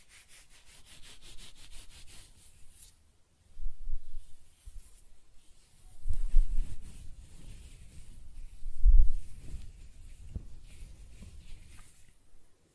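Close-up hair sounds: soft scratching, brushing and stroking come in uneven bursts, with a quiet rubbing stretch early on, then louder low swishing strokes around four, six to seven, and nine seconds. A faint papery hiss runs through the top throughout.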